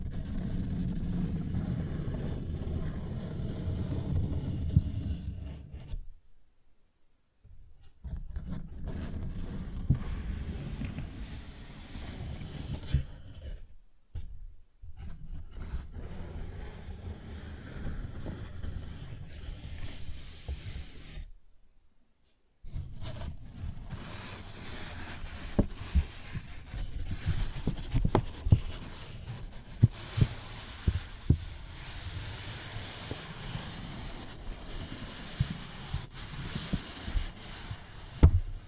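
Paper bag being handled, with low rumbling rustles and scratching in the first twenty seconds, broken by brief silences near 6, 14 and 21 seconds. After that the sound turns brighter and busier, with sharp taps and crisp crinkles scattered densely through the end.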